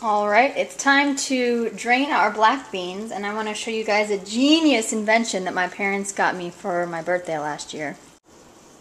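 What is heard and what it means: Someone talks while handling a snap-on draining strainer lid meant to go onto an open can of black beans. The lid has not snapped on or locked into place yet, and no click is heard.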